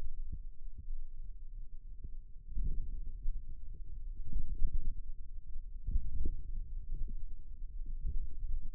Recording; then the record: forearm muscle sounds (acoustic myography)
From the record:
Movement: wrist extension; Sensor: system 2, bracelet of six BSWA MPA416 microphones around the upper forearm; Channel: 4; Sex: male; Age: 22 years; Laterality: right